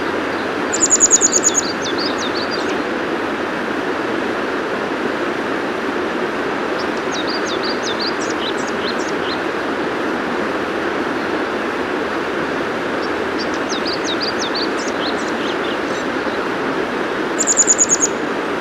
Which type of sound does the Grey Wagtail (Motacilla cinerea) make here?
song